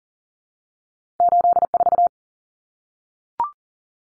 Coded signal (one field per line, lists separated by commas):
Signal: Morse code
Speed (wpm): 40 wpm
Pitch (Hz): 700 Hz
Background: none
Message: 84